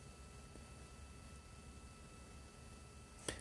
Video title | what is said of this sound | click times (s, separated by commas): 2022Nov20 Vlog - Computing whatever | snap it totally in | 3.3 s